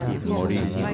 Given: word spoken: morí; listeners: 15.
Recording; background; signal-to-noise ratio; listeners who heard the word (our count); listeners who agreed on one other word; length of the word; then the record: one Spanish word in noise, from a listening test; eight-talker babble; 0.4 dB; 1 of 15; 12 of 15; 0.54 s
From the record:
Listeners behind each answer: 12, 1, 1, 1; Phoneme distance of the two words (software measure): 7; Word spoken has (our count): 2 syllables, 4 phonemes, stress on syllable 2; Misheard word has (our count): 2 syllables, 5 phonemes, stress on syllable 2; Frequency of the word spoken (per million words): 0.38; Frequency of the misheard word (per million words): 57.09